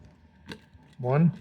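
During a teardown of a SimpliSafe keypad, the first of two plastic snap hooks holding the keypad button subassembly in its housing is pried open. A sharp snap is heard at 0.5 s, releasing the hook, and someone talks right after it.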